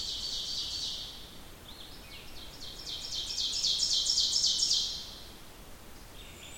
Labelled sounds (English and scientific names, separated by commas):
Ovenbird (Seiurus aurocapilla) song